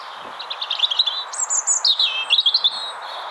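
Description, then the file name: European robin song: a run of thin, high warbled notes and quick trills that rise and fall, with a brief squeaky flourish midway, over steady hiss. "Erithacus rubecula"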